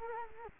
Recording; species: mosquito wingbeat signal from an infrared sensor; Culex quinquefasciatus